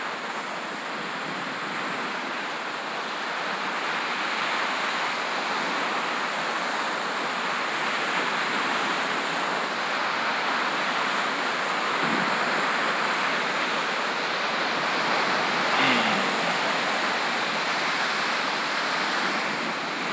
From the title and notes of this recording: The ebbing waves of Lake Michigan. This session was recorded with the Zoom F3 and DPA Binaural headset. Classic Michigan beach sounds.